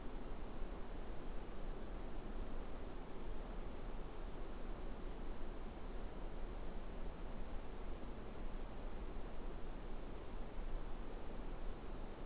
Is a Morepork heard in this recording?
no